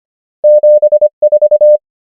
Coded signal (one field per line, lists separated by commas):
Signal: Morse code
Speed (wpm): 25 wpm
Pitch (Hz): 600 Hz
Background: none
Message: 7 4